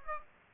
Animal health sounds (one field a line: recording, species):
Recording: mosquito wingbeat signal from an infrared sensor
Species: Aedes aegypti